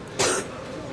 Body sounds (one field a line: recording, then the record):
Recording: coughing mixed with background sound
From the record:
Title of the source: 34 coughing up crap again